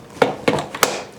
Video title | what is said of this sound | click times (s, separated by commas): Ninja Swirl vs Ninja Creami Deluxe - Honest Review & Comparison | Click in place, and then you're just going to rotate this so the ice cream cone is standing straight up, | 0.8 s